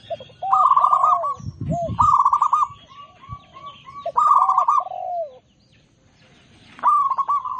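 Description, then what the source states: Zebra dove song with bursts of rapid trilled coos and lower sliding notes, some low thumps early on, then a pause before another trill. Local zebra dove singing actively; master recording made for training other birds.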